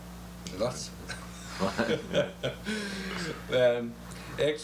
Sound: laughter